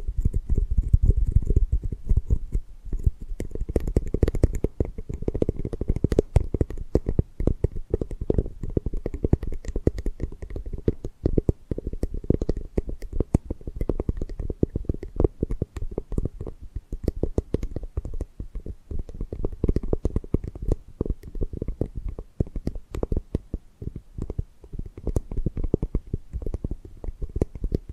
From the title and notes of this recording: ASMR Tapping and Gripping Sounds for Sleep No Talking.